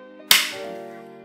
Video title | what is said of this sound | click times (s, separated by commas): How To Upgrade Mac SSD feat. Transcend JetDrive 855 | push it in you can hear a click it's a bit violent but yeah that's how it goes | 0.3 s